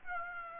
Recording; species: mosquito wingbeat signal from an infrared sensor; Aedes aegypti